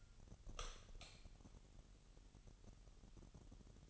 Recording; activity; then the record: daily activity, microphone in the room; light on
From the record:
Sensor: 4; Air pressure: 989.2 hPa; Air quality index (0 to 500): 218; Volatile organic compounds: 72 ppm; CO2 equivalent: 3533 ppm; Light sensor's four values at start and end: 25/80/30/30 and 28/92/34/36